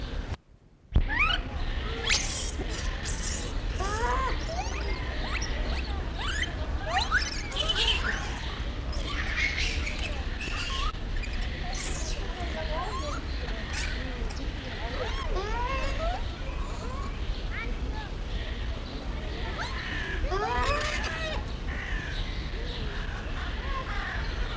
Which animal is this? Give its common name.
Japanese Macaque